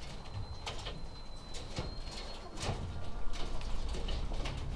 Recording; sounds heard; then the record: poultry house recording; sick chickens (respiratory disease)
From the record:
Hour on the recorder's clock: 20